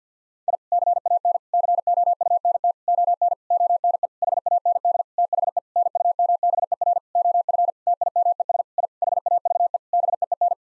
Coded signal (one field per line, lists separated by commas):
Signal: Morse code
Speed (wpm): 50 wpm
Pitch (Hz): 700 Hz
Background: none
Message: I CAN COUNT ON ONE HAND THE NUMBER OF TIMES I HAVE BEEN